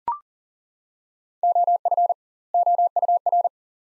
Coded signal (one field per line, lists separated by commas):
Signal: Morse code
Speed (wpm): 40 wpm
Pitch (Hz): 700 Hz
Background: none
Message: OF OUR